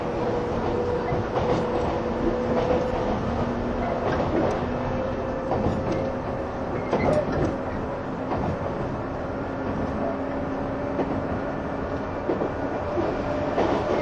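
Running sound inside a 185 series Odoriko 106 train: a steady, dense rumble with a low hum and faint whining tones holding underneath. Short clacks and knocks from the wheels and car body come irregularly every second or so, with a sharper bang near seven seconds.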